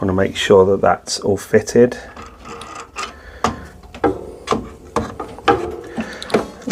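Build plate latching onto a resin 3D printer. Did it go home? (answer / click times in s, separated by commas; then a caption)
yes / 5.0 s, 5.5 s. Someone talks as the build plate is refitted onto a Creality Halot Mage Pro resin 3D printer, a slightly awkward job, with scraping and handling sounds before it is latched into place. Sharp clicks at 5.0 s and 5.5 s mark the build plate latching and seating.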